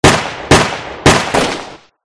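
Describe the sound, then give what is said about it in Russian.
A brief exchange of gunfire with guardsmen returning fire: four loud, sharp shots at uneven intervals, each a harsh crack that rings out briefly before the next, with no voices. “За ответной пальбой шлепок попадания по корпусу одного из гвардейцев был почти не слышен”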